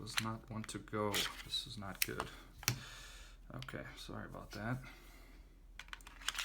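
The slide of an airsoft Glock 19 pistol is worked back onto its frame after a failed try, with short plastic handling clicks and rattles between stretches of someone talking. The slide has not seated or clicked into place on the frame yet.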